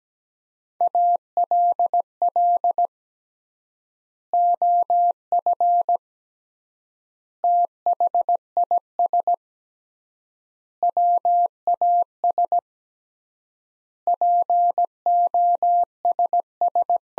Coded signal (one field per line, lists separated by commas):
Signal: Morse code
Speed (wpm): 17 wpm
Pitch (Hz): 700 Hz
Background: none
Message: ALL OF THIS WAS POSS